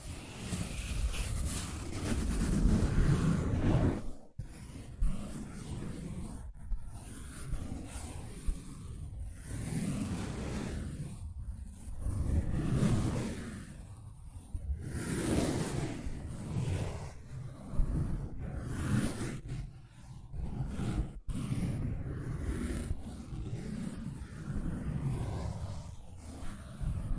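Scratching and tracing on a surface, a low rough rasp with bursts that swell and fade every few seconds. Strokes cluster around 2–4, 12–14 and 16–18 seconds, separated by brief near-silent breaks, including sharp cutoffs near 4 and 21 seconds.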